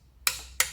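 A torque wrench is pulled on a crash slider bolt going into the engine case of a Triumph Thruxton R motorcycle. Sharp metallic clicks ring out at 0.3 s and 0.6 s, each fading over a short ringing tail. The wrench clicks at its set torque, confirming the bolt is tightened.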